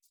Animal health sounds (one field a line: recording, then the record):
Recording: hydrophone in a shrimp aquaculture tank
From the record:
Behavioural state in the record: feeding